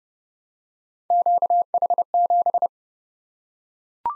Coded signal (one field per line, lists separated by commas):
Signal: Morse code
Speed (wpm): 30 wpm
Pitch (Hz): 700 Hz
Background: none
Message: QH7